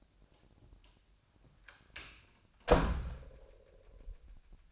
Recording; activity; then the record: daily activity, microphone in the room; close door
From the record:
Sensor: 2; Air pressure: 1007.0 hPa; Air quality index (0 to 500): 196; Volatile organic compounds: 13 ppm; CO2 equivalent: 2402 ppm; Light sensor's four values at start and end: 10/24/10/10 and 10/23/10/10